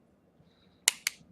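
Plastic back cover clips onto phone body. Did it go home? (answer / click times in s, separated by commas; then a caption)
yes / 0.9 s. During a screen repair on a Motorola X881 phone, the plastic back cover is worked around the phone body so its small clips snap into place. A sharp, loud snap lands at 0.9 s, followed by a second, quieter snap at 1.1 s, over a faint background. The back cover clips are seated.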